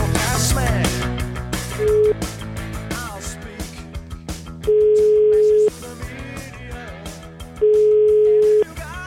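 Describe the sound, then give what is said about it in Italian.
A telephone ringback tone sounds as steady, mid-pitched beeps, one short and two longer about a second each, evenly spaced over busy background music, with no one answering, while a caller tries to call a person back. “Allora, abbiamo provato a richiamarlo, sentite.”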